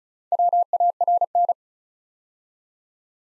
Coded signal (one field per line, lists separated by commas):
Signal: Morse code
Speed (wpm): 36 wpm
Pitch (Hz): 700 Hz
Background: none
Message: WARN